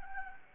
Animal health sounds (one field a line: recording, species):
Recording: mosquito wingbeat signal from an infrared sensor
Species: Anopheles gambiae